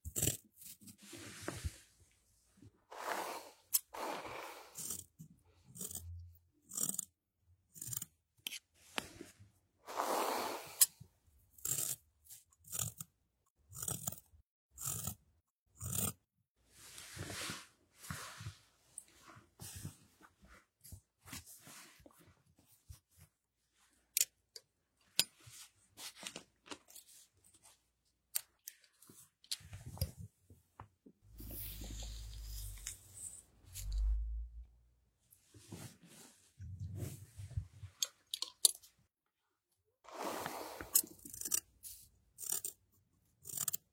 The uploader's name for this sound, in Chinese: 剪发